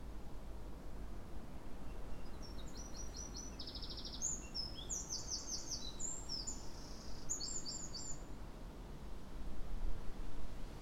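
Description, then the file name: Eurasian wren delivering high, fast rattling trills and clipped notes through the middle, against constant low background noise. "Troglodytes troglodytes"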